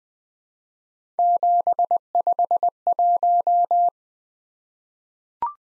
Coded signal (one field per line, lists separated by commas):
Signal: Morse code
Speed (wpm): 20 wpm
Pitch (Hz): 700 Hz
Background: none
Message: 751